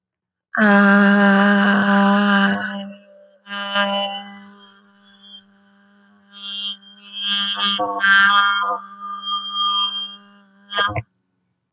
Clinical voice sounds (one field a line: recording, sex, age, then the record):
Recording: vowel held as long as possible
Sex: female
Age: 20 to 29 years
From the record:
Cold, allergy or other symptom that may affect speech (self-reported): no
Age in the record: 25 years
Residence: Pennsylvania, United States